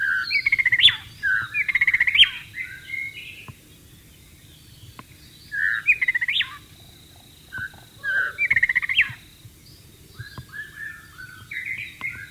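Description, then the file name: White-rumped shama song in rich whistled and warbled phrases, bursts separated by short pauses, with a faint steady high tone behind. Wild bird, in the wild. "suara burung murai batu di alam liar"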